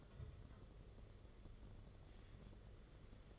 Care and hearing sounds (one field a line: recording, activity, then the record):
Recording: daily activity, microphone in the room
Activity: take from stove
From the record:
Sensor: 4